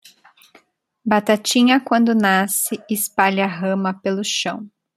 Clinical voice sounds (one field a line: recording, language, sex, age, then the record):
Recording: short text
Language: Brazilian Portuguese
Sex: female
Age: 30 to 39 years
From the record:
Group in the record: control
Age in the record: 31 years